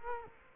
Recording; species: mosquito wingbeat signal from an infrared sensor; Culex quinquefasciatus